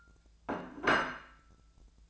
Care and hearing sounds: daily activity, microphone in the room; place plate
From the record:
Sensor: 2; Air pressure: 1000.0 hPa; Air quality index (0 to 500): 131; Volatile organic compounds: 2 ppm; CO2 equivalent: 1121 ppm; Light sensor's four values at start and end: 23/58/24/27 and 23/58/24/27

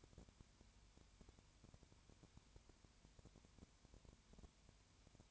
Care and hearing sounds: daily activity, microphone in the room; no activity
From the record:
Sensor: 2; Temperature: 20.3 degrees Celsius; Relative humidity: 33.8%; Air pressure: 1003.1 hPa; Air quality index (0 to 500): 82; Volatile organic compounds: 1 ppm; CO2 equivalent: 786 ppm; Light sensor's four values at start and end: 2/3/2/2 and 2/3/2/2

